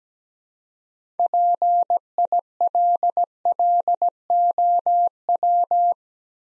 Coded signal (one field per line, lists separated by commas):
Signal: Morse code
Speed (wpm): 17 wpm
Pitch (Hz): 700 Hz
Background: none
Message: PILLOW